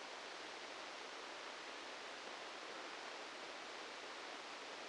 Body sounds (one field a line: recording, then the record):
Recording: brain microelectrode recording played as sound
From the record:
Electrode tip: outside the subthalamic nucleus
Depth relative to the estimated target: -10 mm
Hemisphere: right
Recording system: NeuroSet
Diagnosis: Parkinson's disease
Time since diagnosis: 13 years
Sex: male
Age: 63 years